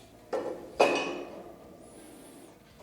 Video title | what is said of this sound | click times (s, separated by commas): Tru Grit Fitness Reaper Bike Air Bike INITIAL REVIEW & ASSEMBLY | Just kind of snap right in there together. | 0.3 s, 0.8 s